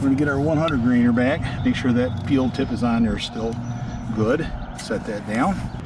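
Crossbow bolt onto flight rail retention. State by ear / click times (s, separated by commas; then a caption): not seated / none. A 100-grain field-tip bolt is handled and set down on a cocked Ravin R470 crossbow, headed for the flight rail retention, while someone talks over a steady low background hum. Nothing has seated or clicked into place yet.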